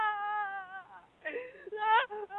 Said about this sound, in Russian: И плачет.